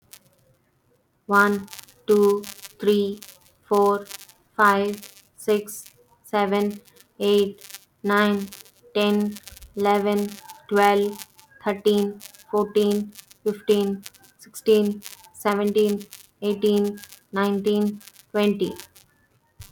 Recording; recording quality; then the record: counting at a normal pace; excellent, no background noise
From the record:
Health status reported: healthy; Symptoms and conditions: none ticked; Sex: female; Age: 30 years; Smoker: not ticked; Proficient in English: yes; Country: India